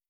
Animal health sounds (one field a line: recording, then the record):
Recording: hydrophone in a shrimp aquaculture tank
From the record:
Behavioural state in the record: starved